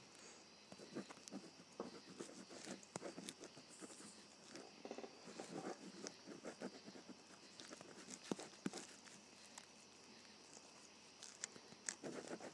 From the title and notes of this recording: ASMR Writing with a Ballpoint Pen.